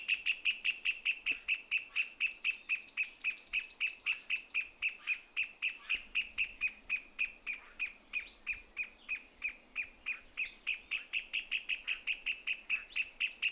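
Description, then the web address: Pale-legged hornero song: a sustained rapid chatter of clipped notes, with several drawn-out high thin whistles laid over it at intervals. "Pale legged hornero. صدای-پرنده-هورنرو-پاروشن"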